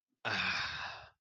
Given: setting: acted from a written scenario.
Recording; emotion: vocal sound without words; desire